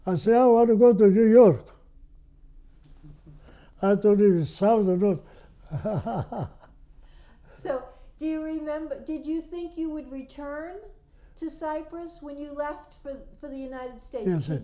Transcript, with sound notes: I said, "I want to go to New York." I thought it was South America. ( he laughs )
So do you remember, did you think you would return to Cyprus when you left for the United States?